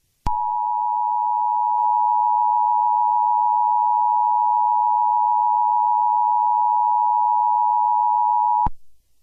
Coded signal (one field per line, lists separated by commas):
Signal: Emergency Alert System (SAME) tones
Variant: 853 and 960 Hz attention tone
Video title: EAS Scenario: Nibiru